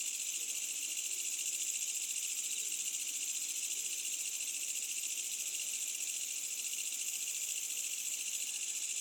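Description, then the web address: Night insects, probably crickets, keep up an even, high shimmering drone of overlapping trills that runs unbroken throughout. Medium-density insect ambience on a summer night in Asian countryside with a distant village. "Smart Sound FX - Asian Countrysides AMBIENCE Insects Medium Night Summer Distant Village"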